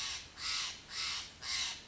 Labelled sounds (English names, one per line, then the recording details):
Steller's Jay
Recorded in Sonoma County, California